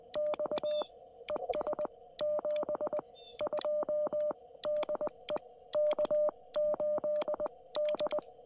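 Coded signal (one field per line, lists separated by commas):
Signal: Morse code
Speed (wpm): 20 wpm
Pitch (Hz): 600 Hz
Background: radio noise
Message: X ES 72 DE K8D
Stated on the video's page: Park activation in CW with a QRP Labs QMX, QRP on 20m and 50W amplifier on 40m, into a LilDude6 V2 and 40m EFHW inverted V.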